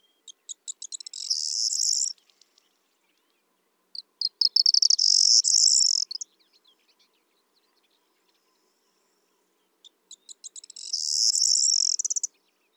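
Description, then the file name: Corn bunting song, three times: a few dry ticking notes that quicken into a high jangling, buzzy rattle, each lasting about two seconds. "Bruant proyer"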